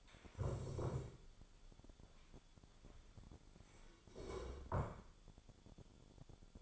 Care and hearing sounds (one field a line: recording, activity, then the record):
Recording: daily activity, microphone in the room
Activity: stand up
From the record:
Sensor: 5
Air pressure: 1015.3 hPa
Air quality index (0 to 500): 178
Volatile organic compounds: 6 ppm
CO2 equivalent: 1934 ppm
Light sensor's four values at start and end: 36/83/34/32 and 36/83/34/32